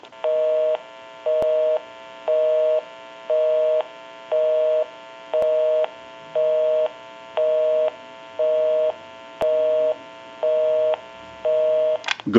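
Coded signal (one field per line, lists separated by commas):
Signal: telephone call progress tone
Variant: North America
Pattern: busy tone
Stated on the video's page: Tone on an Automatic Electric Monophone rotary dial desk telephone during initial checkout and repair.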